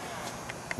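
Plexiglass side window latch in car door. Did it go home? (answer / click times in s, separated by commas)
yes / 0.5 s, 0.7 s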